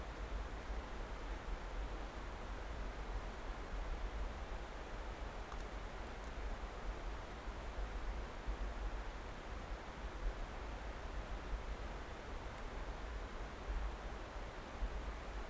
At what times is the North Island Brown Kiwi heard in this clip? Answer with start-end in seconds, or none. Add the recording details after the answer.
none. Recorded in New Zealand on 9 December 2013. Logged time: 23:28. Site DE65